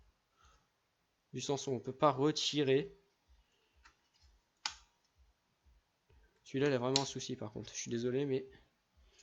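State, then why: Not seated. A clip-in component in a PC build, which seemed faulty because it had not been clipped in well enough, is handled while someone talks, with faint repeated ticks and one sharp handling tap near 4.7 s. Nothing has seated or clicked home yet.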